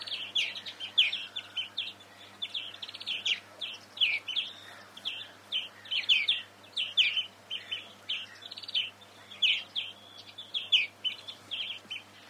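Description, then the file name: European greenfinch calls: dense run of short chirping notes in quick succession, roughly evenly spaced, with a steady faint hum underneath. "Chloris chloris"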